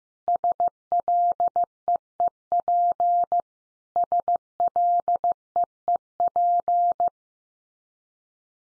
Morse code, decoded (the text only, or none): SLEEP SLEEP